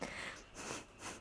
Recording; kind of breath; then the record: one breath in and out by a microphone near the nose and mouth; strong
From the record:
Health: marked as sick, illness not named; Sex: female